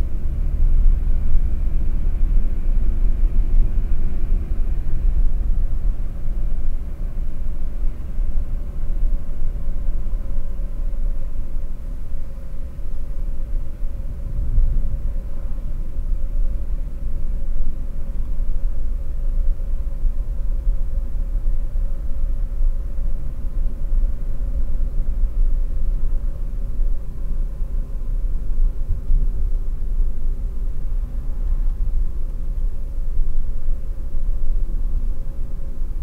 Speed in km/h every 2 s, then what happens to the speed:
60, 62, 62, 60, 58, 55, 54, 53, 54, 52, 53, 53, 51, 50, 46, 47, 50, 50.
0-5 steady at about 62. 5-11 slows to 54. 11-22 steady at about 53. 22-28 slows to 46. 28-36 steady at about 47.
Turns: none.